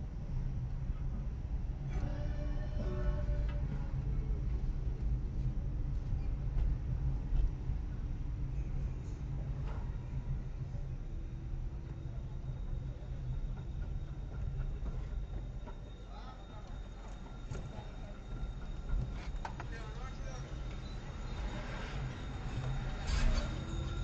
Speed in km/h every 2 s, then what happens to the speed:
19, 20, 20, 20, 20, 14, 14, 18, 2, 7, 12, 13.
0-14 steady at about 19. 14-16 brakes to 2. 16-24 pulls away to 13.